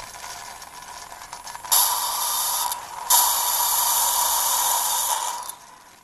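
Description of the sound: Hospital airway suction machine used to suction patients: a broadband hissing, drawing-in "suu" sound, starting at about 1.7 s, briefly dipping near 2.8 s, resuming at about 3.1 s, with a steady tone near 1 kHz, fading out by about 5.5 s.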